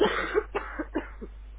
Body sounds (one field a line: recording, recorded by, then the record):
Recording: voluntary cough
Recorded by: telephone call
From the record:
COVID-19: positive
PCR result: self-reported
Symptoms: no